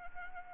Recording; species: mosquito wingbeat signal from an infrared sensor; Anopheles arabiensis